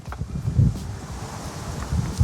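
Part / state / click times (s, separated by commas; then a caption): MC4 solar connector going into its mating MC4 connector / not seated / none. An MC4 solar connector from the panel is handled against its mating MC4 connector on the cable coming through the roof, with a low, wind-like rumble and a few brief handling ticks. Nothing has seated or clicked yet.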